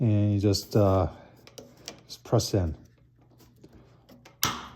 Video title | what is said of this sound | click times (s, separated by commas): Weber Charcoal Kettle Grill Custom Wheel Inserts! / Product Review and Installation Guide! | Just press into you hear it click. You hear it click, and then you go to the next one and just | 4.4 s